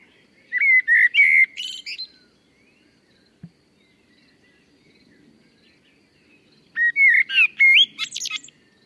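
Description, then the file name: Common blackbird singing two separate phrases, each of rich warbled whistles breaking into thin high twittering, with a quiet gap of about five seconds and a single click between. "Turdus merula"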